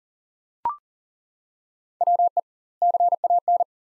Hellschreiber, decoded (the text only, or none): none